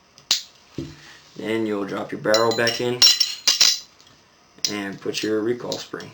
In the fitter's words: so that you can slide that back plate past it, and it should snap into place.